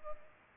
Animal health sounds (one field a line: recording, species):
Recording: mosquito wingbeat signal from an infrared sensor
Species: Culex pipiens